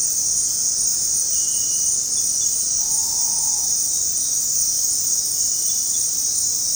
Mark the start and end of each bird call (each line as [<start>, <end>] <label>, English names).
[2.65, 3.77] Great Potoo